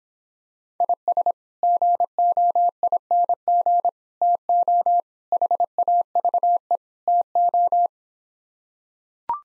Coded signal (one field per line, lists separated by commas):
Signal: Morse code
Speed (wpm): 26 wpm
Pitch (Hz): 700 Hz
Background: none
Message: IS GOING TO HAVE TO